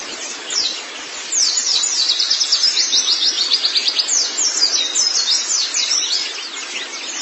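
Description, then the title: White-eye song: rapid, high twittering chirps in quick bursts, forming a continuous chattering warble after the first second. "Kicauan Burung Pleci"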